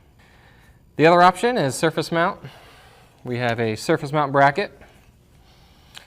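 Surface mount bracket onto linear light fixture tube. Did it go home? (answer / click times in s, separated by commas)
yes / 6.0 s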